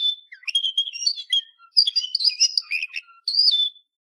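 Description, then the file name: Canary-type song of varied whistles, slurred notes and chirps in short bursts with small gaps. "Canary Voice"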